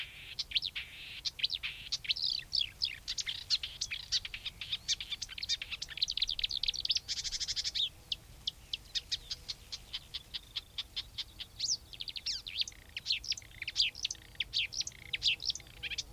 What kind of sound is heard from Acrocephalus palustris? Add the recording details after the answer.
song. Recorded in the wild. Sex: male. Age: adult. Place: Wiesenthau, Bayern, DE. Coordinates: 49.7128, 11.1353. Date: 1962-05-29. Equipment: Stellavox SM 5, Original, Vollspur. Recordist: Tretzel, Erwin